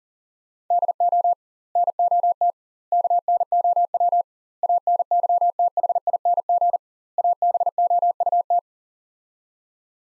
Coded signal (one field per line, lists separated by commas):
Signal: Morse code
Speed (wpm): 40 wpm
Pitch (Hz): 700 Hz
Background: none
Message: DO NOT KNOW ANYTHING ABOUT